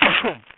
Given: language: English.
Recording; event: throat vibration sensor signal played as sound; cough